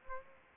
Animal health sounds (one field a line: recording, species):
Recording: mosquito wingbeat signal from an infrared sensor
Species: Aedes aegypti